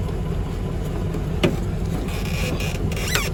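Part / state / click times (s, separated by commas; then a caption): wiring harness connector into window regulator motor plug / seated / 1.4 s. The wiring harness power connector for a new driver's window regulator on a 2003 Dodge Durango is plugged into the regulator motor plug behind the door panel. Over a steady low background rumble, a sharp snap at 1.4 s marks the connector seating, followed by a couple of smaller clicks near the end.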